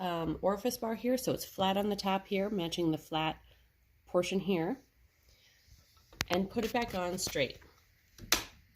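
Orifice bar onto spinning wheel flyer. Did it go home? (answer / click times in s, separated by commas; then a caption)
yes / 8.3 s. A keyed orifice bar on a Spinolution spinning wheel is lined up flat side to flat side and pushed straight back onto the flyer assembly while someone talks. A sharp click sounds at 8.3 s as it seats.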